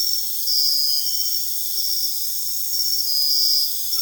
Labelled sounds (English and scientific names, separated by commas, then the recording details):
none
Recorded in dense forest near Puerto Asís, Putumayo, Colombia, on 20 February 2024 at 04:00
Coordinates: 0.485, -76.322
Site G6406